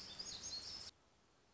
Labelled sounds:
Black-throated Gray Warbler
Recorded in Sonoma County, California

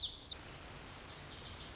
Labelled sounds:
Lazuli Bunting
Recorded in Sonoma County, California

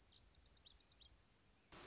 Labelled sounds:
Lazuli Bunting
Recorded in Sonoma County, California

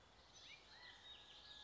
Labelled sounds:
California Quail
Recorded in Sonoma County, California

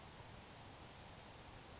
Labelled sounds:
Grasshopper Sparrow
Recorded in Sonoma County, California

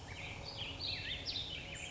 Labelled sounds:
Warbling Vireo
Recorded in Sonoma County, California

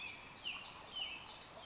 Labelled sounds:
Pacific Wren
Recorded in Sonoma County, California

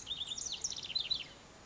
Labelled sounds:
House Wren
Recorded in Sonoma County, California

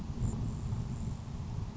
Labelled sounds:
Grasshopper Sparrow
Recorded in Sonoma County, California

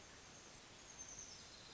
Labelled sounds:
Oak Titmouse
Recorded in Sonoma County, California

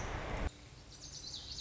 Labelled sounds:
Lazuli Bunting
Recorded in Sonoma County, California

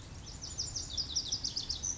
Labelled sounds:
Lazuli Bunting
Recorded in Sonoma County, California

